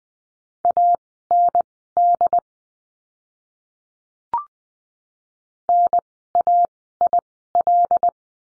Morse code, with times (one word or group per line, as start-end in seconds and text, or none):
0.6-2.4 AND
5.7-8.1 NAIL